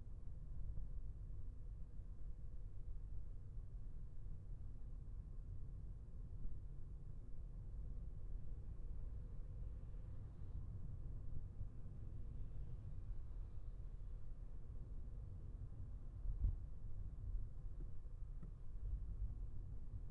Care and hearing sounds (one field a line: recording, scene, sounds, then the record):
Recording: everyday scene through a hearing-aid microphone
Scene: in a vehicle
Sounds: engine, traffic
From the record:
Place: Skoda Fabia, gasoline engine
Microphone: behind the ear, left, rear